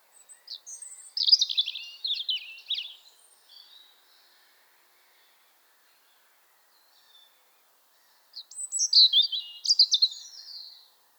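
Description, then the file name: European robin delivering two sparkling, warbled phrases of quick high notes and trills, separated by a long silent gap. "Erithacus rubecula"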